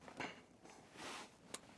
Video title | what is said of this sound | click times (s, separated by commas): How to Replace Oil Sending Unit on 2000-2006 GM Trucks & SUVs - Easy DIY Guide | heard that snap so | 1.5 s